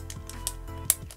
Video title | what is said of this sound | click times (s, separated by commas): Nintendo Switch HORI Wired Pad Review - Play testing with Arms, Splatoon 2 & Garou | so it snaps right in and you can just lift up on it and it comes right off and | 0.9 s